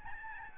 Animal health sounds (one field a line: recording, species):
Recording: mosquito wingbeat signal from an infrared sensor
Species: Aedes albopictus